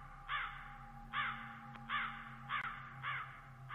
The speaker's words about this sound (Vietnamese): Ngoài trời, tiếng côn trùng kêu inh ỏi, lác đác đâu đây, văng vẳng có tiếng quạ gọi đêm.